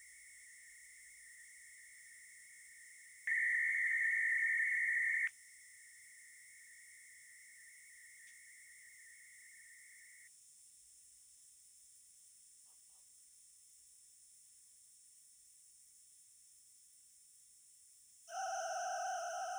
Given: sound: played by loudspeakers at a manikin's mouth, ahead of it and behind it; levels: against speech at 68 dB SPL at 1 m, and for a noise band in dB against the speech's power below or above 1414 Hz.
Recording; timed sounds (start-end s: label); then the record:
test signals for a remote microphone
0.00-3.27 s: noise band at 2000 Hz, -13 dB
3.27-5.27 s: noise band at 2000 Hz, +22 dB
5.27-10.27 s: noise band at 2000 Hz, -13 dB
18.27-19.59 s: four noise bands (707, 1414, 2828 and 5656 Hz), 50 dB SPL
From the record:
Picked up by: remote microphone B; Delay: 24 ms